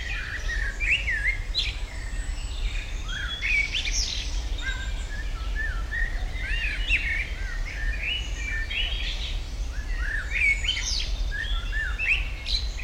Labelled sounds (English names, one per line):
Common Blackbird